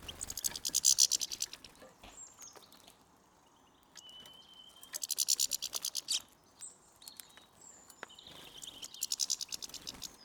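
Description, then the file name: European goldfinch calls: three bursts of rapid, high, rattling twitter, separated by thin whistled notes. "Carduelis carduelis"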